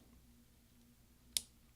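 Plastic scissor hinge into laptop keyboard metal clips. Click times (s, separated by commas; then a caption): 1.4 s. A plastic scissor hinge for the open brackets key (1278, Type J) of an Early 2011 13-inch MacBook Pro 2.3 GHz Core i5 MC700 is put into the keyhole, wider bottom first, onto the small metal side clips. After a quiet low hum, a sharp snap at 1.4 s marks the hinge grabbing and seating on the clips, followed by two faint ticks near 1.8 s.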